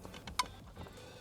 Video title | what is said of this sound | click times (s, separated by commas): Protect-X Install on 2018 Toyota Tacoma TRD Sport Manual Transmission | Again, make sure you hear the click. | 0.4 s